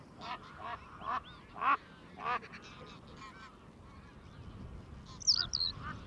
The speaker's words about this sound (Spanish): Crocita un cuervo.